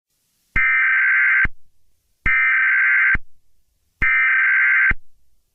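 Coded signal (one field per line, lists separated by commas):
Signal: Emergency Alert System (SAME) tones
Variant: header bursts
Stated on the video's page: Fictional EAS scenario.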